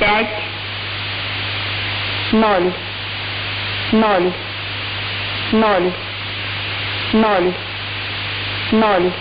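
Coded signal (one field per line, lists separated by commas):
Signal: numbers station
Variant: S06s, Russian female voice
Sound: a female voice saying short evenly spaced words, about six, through heavy hiss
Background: radio static, low hum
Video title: 25 01 2022 Number station S06s Russian Lady in Russian to Eu 0730 on 7410 unknown tx site in CUSB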